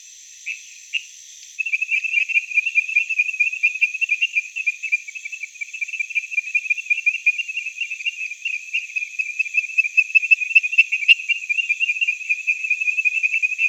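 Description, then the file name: Temple tree frog: after a couple of isolated notes, a long, fast-pulsed rattling call of high chirps continues steadily to the end. "Chirixalus idiootocus"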